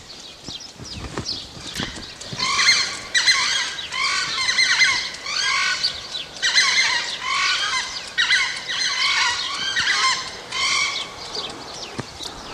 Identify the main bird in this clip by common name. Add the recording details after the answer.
Southern Screamer. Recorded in captivity. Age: adult. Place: Zoo Berlin, Berlin, DE. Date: 1987-07-02 12:36. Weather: sunny, 20°C. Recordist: Tembrock, Günter. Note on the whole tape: Südamerika-Anlage: Duettrufen